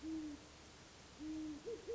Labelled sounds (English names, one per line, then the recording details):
Great Horned Owl
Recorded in Sonoma County, California